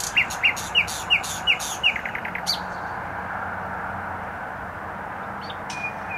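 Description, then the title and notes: Nightingale song opening with about six sharp repeated notes, then a fading rattle, followed by quiet with only a brief note near the end and steady road noise underneath. Singing in bushes close to a noisy motorway, Trasa Toruńska, Bródno-Podgrodzie, Warsaw, Poland; recorded with an Olympus LS-11. "Bródno-Podgrodzie, Warszawa, Polska - Trasa Toruńska Nightingale. Recording nightingale singing in bushes close to noisy motorway"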